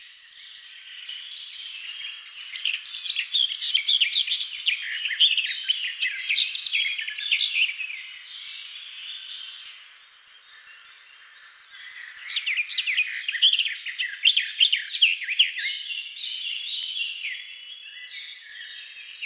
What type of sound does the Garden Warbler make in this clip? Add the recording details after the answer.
song. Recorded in the wild. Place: Waltershofen / Freiburg im Breisgau, Baden-Württemberg, DE. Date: 2002-05-19. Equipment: MiniDisc Sharp MT 20 H. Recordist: Schwarz, Dieter